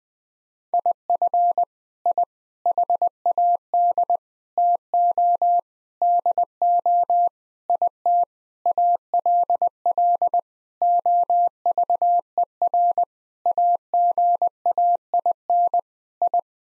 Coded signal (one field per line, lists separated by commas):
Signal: Morse code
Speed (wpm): 21 wpm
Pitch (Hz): 700 Hz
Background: none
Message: IF I HAD TO DO IT ALL OVER AGAIN I